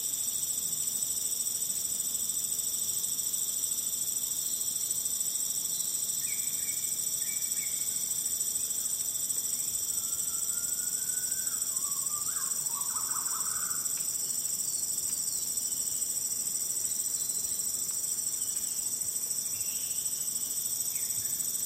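Insects fill a calm Bornean forest with a loud, constant chorus of high, steady shrilling layered in several bands. A few faint bird calls rise from the background, with a short warbling phrase near the middle. The level stays even throughout.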